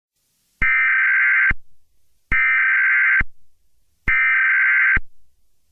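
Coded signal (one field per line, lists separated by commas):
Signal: Emergency Alert System (SAME) tones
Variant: header bursts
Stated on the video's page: Fictional EAS scenario.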